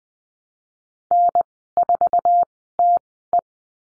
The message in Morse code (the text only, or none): N4TE